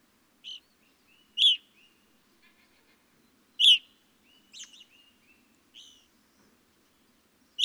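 Evening grosbeak calls, loud chirps at uneven intervals with softer calls and thin whistles in between.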